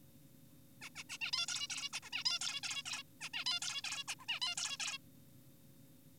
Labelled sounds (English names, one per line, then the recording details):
Zebra Finch
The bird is an adult
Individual g4p5U